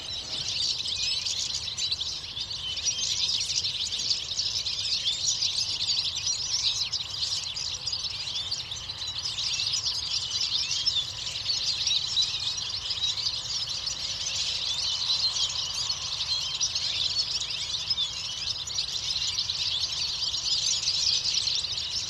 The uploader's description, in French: Ici Chardonneret élégant (Carduelis carduelis) et Serin cini (Serinus serinus) se concentrent par centaines intrigués régulièrement par un Épervier qui rôde.